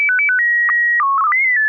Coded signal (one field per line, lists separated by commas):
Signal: SSTV (slow-scan television)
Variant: PD 120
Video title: N6NA SSTV Net - 08/14/2024